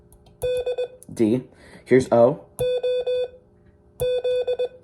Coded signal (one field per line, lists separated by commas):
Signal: Morse code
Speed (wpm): 20 wpm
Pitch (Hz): 500 Hz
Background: speech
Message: DE EEO Z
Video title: Morse code lesson #4